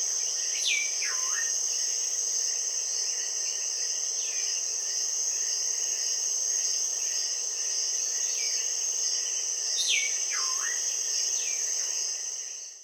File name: Pearly-eyed Thrasher